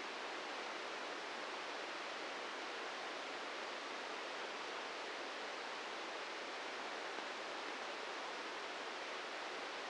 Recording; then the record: brain microelectrode recording played as sound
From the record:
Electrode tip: inside the subthalamic nucleus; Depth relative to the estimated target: -2 mm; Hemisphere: right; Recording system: NeuroSet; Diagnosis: Parkinson's disease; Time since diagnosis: 13 years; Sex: male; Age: 63 years